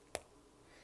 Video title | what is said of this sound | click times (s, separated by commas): Pokka Pen In-depth Review! | I don't know if you guys can hear this it pops out | 0.2 s